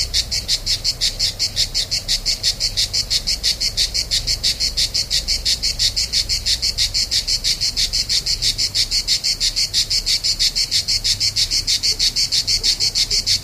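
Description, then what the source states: Cicada delivering a continuous run of sharp, buzzy high pulses, around three per second, steady for the whole stretch. Recorded on 3 September 2009, starting at 07:29 in the morning.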